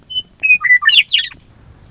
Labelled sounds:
Western Meadowlark
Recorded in Sonoma County, California

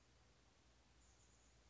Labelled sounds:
Chestnut-backed Chickadee
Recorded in Sonoma County, California

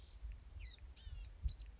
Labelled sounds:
Blue-gray Gnatcatcher
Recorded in Sonoma County, California

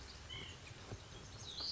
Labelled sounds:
White-breasted Nuthatch
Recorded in Sonoma County, California

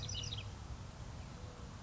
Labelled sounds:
Ash-throated Flycatcher
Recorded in Sonoma County, California

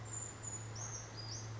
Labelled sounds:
Brown Creeper
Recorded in Sonoma County, California

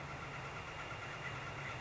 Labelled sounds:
Northern Flicker
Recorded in Sonoma County, California

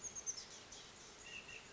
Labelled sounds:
Oak Titmouse
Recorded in Sonoma County, California

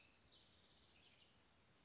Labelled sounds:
House Wren
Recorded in Sonoma County, California

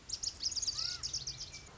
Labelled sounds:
Lazuli Bunting
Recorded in Sonoma County, California

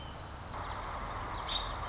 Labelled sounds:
American Robin
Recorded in Sonoma County, California

